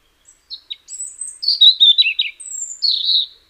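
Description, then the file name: European robin song: a few soft introductory notes, then a quick jumble of high warbles and a drawn-out thin whistle, ending in a brief trill. "Erithacus rubecula"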